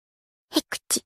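Three quick, sharp, hissy bursts come in about half a second, the first loudest, with silence before. It is a short, cute burst of sneezing from a ram, a brief snorting sneeze.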